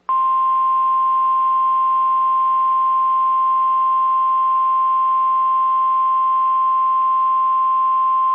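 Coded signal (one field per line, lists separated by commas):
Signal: Emergency Alert System (SAME) tones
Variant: 1050 Hz attention tone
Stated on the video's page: Virtual, simulated EAS double-header tropical storm warning.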